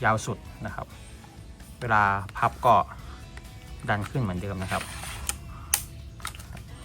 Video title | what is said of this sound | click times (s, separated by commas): รีวิว : MP7A1 GAS BLOW BACK Tokyo Marui | เข้าล็อคแบบนี้นะครับ | 5.7 s